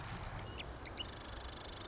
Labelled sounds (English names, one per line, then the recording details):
Marsh Wren
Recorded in Sonoma County, California